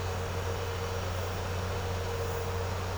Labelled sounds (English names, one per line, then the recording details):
none
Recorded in secondary vegetation near Puerto Asís, Putumayo, Colombia, on 4 March 2025 at 12:30
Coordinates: 0.468, -76.324
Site G059